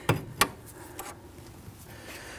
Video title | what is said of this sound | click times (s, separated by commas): How to Replace Rear Brake Calipers 2013-2019 Ford Interceptor Utility | There we go, we have that latched. | 0.4 s